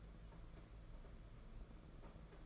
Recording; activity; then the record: daily activity, microphone in the room; take from stove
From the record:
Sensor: 5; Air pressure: 992.1 hPa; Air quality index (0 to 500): 210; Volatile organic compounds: 1000 ppm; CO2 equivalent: 6098 ppm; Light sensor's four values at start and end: 6/16/6/7 and 7/16/6/7